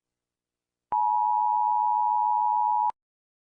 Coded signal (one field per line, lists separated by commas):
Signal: Emergency Alert System (SAME) tones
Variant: 853 and 960 Hz attention tone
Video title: rating eas alarms #5